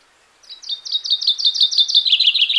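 Common chaffinch song, a fast run of repeated high chirping notes descending gradually in pitch over about two seconds.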